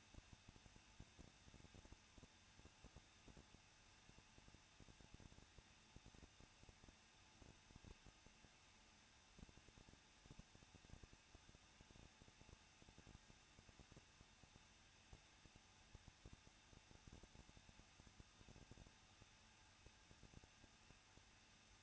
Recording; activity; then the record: daily activity, microphone in the room; no activity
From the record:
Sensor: 2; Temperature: 21.0 degrees Celsius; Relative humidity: 37.6%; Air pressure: 1006.2 hPa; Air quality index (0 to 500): 224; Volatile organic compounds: 25 ppm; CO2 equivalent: 2843 ppm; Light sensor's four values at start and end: 2/3/2/2 and 2/3/2/2